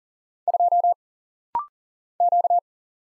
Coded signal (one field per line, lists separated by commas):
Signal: Morse code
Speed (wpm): 39 wpm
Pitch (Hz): 700 Hz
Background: none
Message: 2 Q